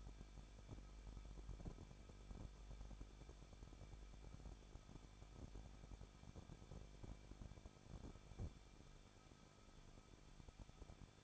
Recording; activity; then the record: daily activity, microphone in the room; no activity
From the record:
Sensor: 5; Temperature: 20.9 degrees Celsius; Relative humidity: 38.2%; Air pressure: 1006.4 hPa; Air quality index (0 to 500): 187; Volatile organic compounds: 18 ppm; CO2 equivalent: 2627 ppm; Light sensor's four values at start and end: 2/3/1/1 and 2/3/1/1